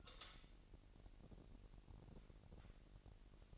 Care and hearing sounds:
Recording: daily activity, microphone in the room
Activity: light on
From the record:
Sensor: 4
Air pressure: 1002.7 hPa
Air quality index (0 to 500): 249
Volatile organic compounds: 14 ppm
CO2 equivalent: 2474 ppm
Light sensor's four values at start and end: 6/14/5/6 and 7/16/6/7

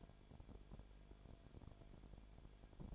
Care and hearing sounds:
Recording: daily activity, microphone in the room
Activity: no activity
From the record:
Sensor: 5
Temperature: 19.9 degrees Celsius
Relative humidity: 35.6%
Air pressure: 1003.4 hPa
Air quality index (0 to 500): 58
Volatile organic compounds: 1 ppm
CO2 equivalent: 640 ppm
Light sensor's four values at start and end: 2/3/1/1 and 2/3/1/1

